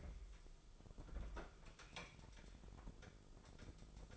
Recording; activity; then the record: daily activity, microphone in the room; open fridge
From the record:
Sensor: 5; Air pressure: 988.6 hPa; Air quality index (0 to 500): 218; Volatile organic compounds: 122 ppm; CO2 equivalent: 3887 ppm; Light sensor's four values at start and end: 42/129/50/53 and 42/127/50/53